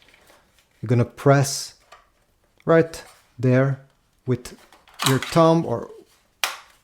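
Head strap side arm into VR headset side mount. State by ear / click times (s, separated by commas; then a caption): seated / 6.4 s. Someone talks while pressing the plastic side arm of the Elite Head Strap with a thumb onto the side mount of a Meta Quest 3S VR headset. A sharp click is heard at 6.4 s as the arm snaps into place, and the arm is seated.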